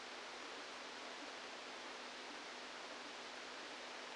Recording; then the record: brain microelectrode recording played as sound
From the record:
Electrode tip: outside the subthalamic nucleus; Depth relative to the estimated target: -6 mm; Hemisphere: left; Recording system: NeuroSet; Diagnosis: Parkinson's disease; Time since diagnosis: 17 years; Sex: male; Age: 64 years